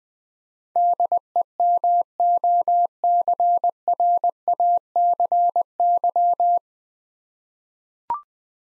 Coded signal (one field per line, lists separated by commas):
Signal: Morse code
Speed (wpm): 21 wpm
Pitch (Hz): 700 Hz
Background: none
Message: DEMOCRACY